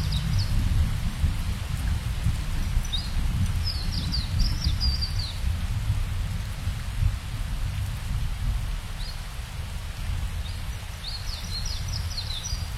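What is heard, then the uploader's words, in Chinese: Rain and flowing water fill a rainforest scene with a steady, dense low rush that barely changes. Birds chirp in quick high bursts of descending notes around four to five seconds and again near eleven to twelve seconds. 雨林，鸟儿，小溪，水流，下雨。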